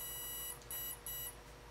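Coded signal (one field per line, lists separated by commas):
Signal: beep code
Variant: RC ESC programming beeps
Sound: one long electronic beep followed by two short beeps, slightly buzzy tone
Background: low hum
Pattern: 1 long, 2 short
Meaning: Main menu item: Governor Mode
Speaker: right now we're on one long beep and two short which is Governor Mode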